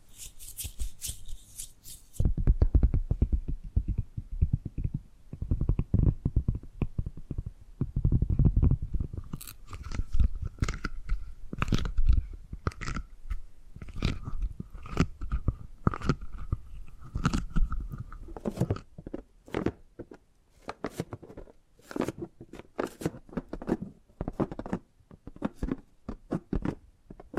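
Tapping and gripping sounds: dense, irregular crackling taps for the first half, then sparser sharp clicks every second or so, with a faint steady tone midway.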